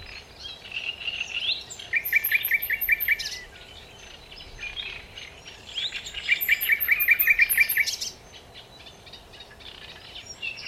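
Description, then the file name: Common nightingale song, two phrases each with a rapid series of repeated clicking notes and a high whistle, separated by a quiet gap, faint background hiss. "Luscinia megarhynchos"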